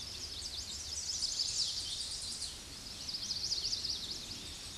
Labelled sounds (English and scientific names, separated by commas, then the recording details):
Chestnut-sided Warbler (Setophaga pensylvanica) song
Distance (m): 20 m
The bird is about level with the microphone
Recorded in a Pennsylvania forest on 16 May 2024 at 07:19
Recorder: AudioMoth, point MSD-1419
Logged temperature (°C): 16.9 °C
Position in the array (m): 134 m, 151 m